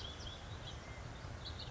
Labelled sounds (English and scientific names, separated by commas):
House Finch (Haemorhous mexicanus)